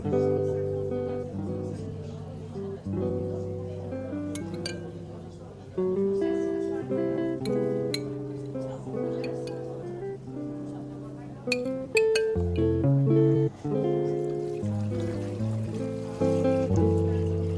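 Coffee shop ambience with steady background music changing chords every second or two, faint chatter, and occasional sharp clinks of cups and dishes.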